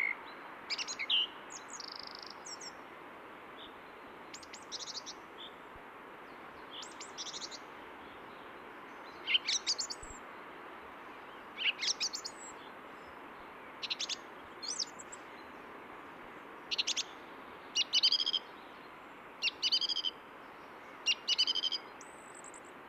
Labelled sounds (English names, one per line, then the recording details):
Song Thrush song
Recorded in the wild
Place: Oberstdorf, Bayern, DE
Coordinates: 47.3806, 10.2919
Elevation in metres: 900
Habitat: mountains
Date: 1977-03-20
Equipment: Nagra IV, Sennheiser MKH 405, Parabolreflektor
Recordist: Tretzel, Erwin
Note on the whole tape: Am Golfplatz, Dietersberg bei Oberstdorf: Gesang mit Imitiationen von Kohlmeise und Blaumeise